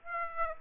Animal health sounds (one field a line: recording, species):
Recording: mosquito wingbeat signal from an infrared sensor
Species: Aedes aegypti